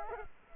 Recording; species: mosquito wingbeat signal from an infrared sensor; Culex quinquefasciatus